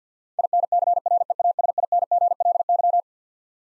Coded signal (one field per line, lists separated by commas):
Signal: Morse code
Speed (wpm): 45 wpm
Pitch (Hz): 700 Hz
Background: none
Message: INCREASINGLY